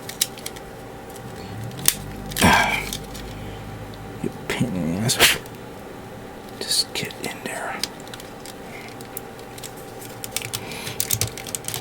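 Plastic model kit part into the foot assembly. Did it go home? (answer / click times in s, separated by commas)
no / none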